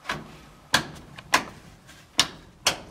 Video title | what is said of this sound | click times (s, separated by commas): DIY - How to Install a Healthy Climate (Lennox) PureAir Air Purification System | and just snaps back into place | 0.7 s, 2.2 s